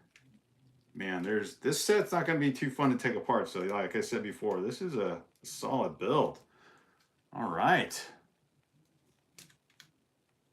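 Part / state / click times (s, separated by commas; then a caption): plastic building brick onto model assembly / seated / 9.4 s, 9.8 s. Plastic LEGO building bricks are pressed onto a midi-scale Millennium Falcon model, set 75375, while someone talks. After the talking stops, two short sharp snaps at 9.4 s and 9.8 s mark the bricks seating onto the model.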